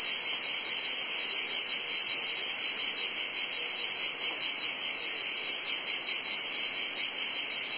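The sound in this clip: Steady cicada buzz, high and sizzling, with a faint pulsing waver in its loudness.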